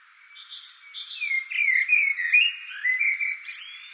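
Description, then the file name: Common blackbird singing a flowing, fluty warble ending in a squeaky flourish, after thin high repeated whistles from another bird. "Turdus merula"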